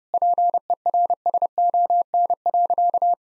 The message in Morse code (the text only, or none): PERSON.